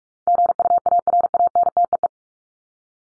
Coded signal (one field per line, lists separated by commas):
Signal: Morse code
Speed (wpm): 44 wpm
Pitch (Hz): 700 Hz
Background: none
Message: GUARANTEE